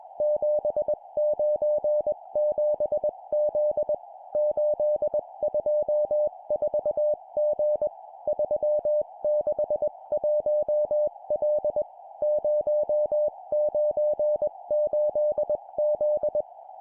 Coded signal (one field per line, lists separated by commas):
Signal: Morse code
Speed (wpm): 21 wpm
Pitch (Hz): 600 Hz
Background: none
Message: 797Z 824G 361L 098Z